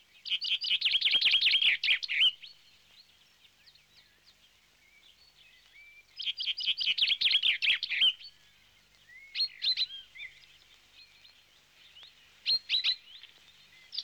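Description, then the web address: Bird song: two loud rapid chattering trills several seconds apart, with scattered sharp chips between and after. "audio animali uccelli 03 uccelli birds 08"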